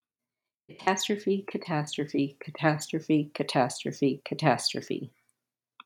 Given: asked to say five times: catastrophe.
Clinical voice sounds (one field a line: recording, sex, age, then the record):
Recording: repeated word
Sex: female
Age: 30 to 39 years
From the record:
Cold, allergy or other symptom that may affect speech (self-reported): no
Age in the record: 39 years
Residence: Minnesota, United States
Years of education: 18